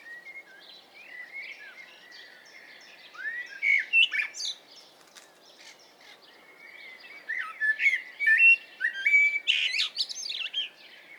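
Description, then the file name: Eurasian blackbird singing mellow, whistled phrases that end in thin, scratchy flourishes. Each phrase comes every few seconds, with softer bird chirps behind. "Turdus merula"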